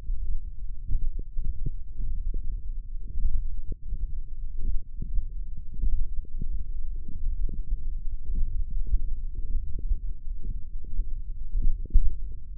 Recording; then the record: forearm muscle sounds (acoustic myography)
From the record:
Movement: hook grip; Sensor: system 1, eight BSWA MPA416 microphones around the upper forearm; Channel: 6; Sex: male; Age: 21 years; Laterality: right